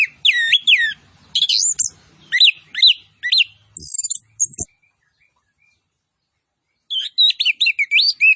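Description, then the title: Orange-headed thrush song: rich whistled phrases and sharp high notes in quick bursts, a pause of about two seconds, then a fast run of varied chirps. Vigorous (gacor) singing with full fill-in phrases and 'tembakan cililin' style shots. "Anis Kembang Gacor. MASTERAN ANIS KEMBANG ISIAN FULL DENGAN TEMBAKAN CILILIN"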